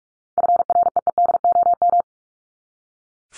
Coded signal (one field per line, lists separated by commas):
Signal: Morse code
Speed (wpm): 44 wpm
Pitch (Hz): 700 Hz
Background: none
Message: FREEDOM